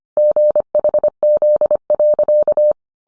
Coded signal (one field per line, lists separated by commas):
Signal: Morse code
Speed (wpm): 25 wpm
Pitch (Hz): 600 Hz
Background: none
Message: GHZ.